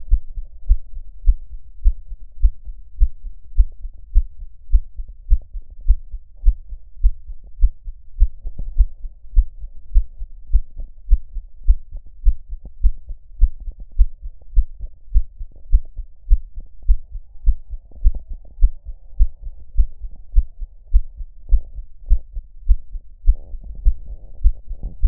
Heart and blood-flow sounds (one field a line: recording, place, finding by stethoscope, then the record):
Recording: heart sounds by stethoscope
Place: pulmonary valve (PV)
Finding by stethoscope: normal heart sounds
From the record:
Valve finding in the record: normal valve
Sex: female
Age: 62 years